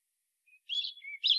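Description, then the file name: European robin giving a brief faint note, then a scratchy warbled burst sliding into a low thin whistle, with a new phrase beginning as the sound cuts off. "Erithacus rubecula"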